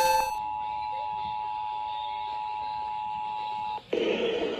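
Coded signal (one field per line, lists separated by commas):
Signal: Emergency Alert System (SAME) tones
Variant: 853 and 960 Hz attention tone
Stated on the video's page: Required Monthly Test received off-air from FM broadcast stations, including one on 106.9.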